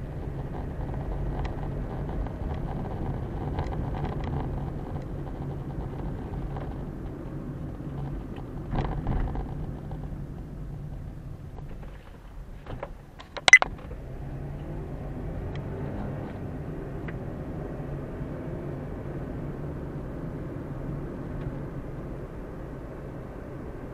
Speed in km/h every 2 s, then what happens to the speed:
28, 33, 36, 35, 28, 16, 9, 19, 32, 40, 44, 45.
0-3 speeds up to 36. 6-11 brakes to 9. 12-24 speeds up to 45.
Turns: none.